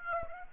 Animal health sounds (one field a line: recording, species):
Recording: mosquito wingbeat signal from an infrared sensor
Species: Aedes aegypti